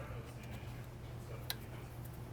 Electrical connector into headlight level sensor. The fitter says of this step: for the click and also our headlight level sensor that clicked